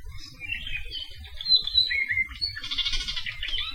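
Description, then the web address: Apapane calls, a jumble of short whistled and buzzy notes, with a denser burst of rapid notes near the end, over a low background rumble. Recorded along Saddle Road, Hawaii. "Saddle Road Birding Songfiles apapanelong"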